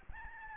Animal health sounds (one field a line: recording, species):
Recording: mosquito wingbeat signal from an infrared sensor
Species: Aedes albopictus